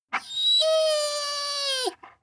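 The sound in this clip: Dog whine: one drawn-out tonal whine that holds a steady pitch, then drops briefly at the end and is followed by a short faint sound.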